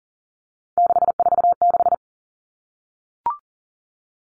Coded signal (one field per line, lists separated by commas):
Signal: Morse code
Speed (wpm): 40 wpm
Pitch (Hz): 700 Hz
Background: none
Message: 646